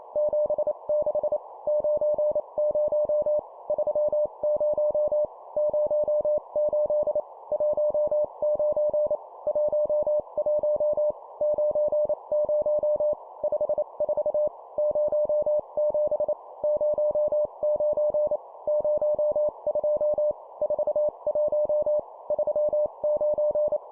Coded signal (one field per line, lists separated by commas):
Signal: Morse code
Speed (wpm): 28 wpm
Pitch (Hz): 600 Hz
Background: none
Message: 76 90 30 08 19 11 90 54 07 09 02 41 39